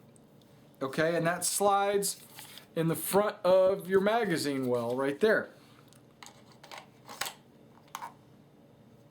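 Someone talks while a front piece is slid onto the magazine of a WinGun 1911 CO2 airsoft pistol, followed by a few light handling taps and ticks between about 6.2 and 8.0 seconds. The clip ends before the piece goes home, so nothing has seated or clicked yet.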